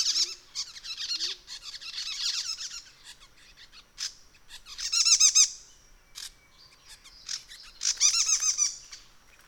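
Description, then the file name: Spectacled monarch giving harsh, rasping chatters in several separate bursts over nine seconds, each made of rapid buzzy notes, with thin squeaky notes between bursts. "Symposiachrus Trivirgatus"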